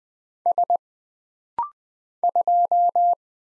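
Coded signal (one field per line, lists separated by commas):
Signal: Morse code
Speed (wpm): 20 wpm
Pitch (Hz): 700 Hz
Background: none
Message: S 2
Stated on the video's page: Morse practice at 20 wpm: rapid-fire single letters, numbers, punctuation and prosigns, each sent twice for instant character recognition drill.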